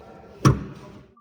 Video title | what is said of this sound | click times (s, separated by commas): CHANGAN LUMIN is finally in the Philippines! FIESTY MINI EV - PocketCarReview #1 | And if you need to bring them back, all you have to do is pull the string and make sure you hear a click. | 0.5 s